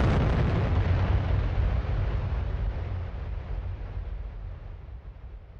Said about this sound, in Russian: начал было Строгов, как вдруг и раздались раскаты грома.